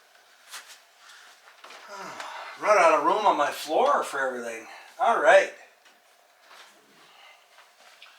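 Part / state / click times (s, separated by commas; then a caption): plastic roof frame piece into the dollhouse wall / not seated / none. A plastic roof frame piece is being fitted into the wall of a Barbie Dreamhouse while someone talks, with only a few faint knocks and handling sounds around it. Nothing has clicked into place yet: one spot of the roof frame has failed to click in.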